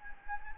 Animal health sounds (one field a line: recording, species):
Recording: mosquito wingbeat signal from an infrared sensor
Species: Anopheles gambiae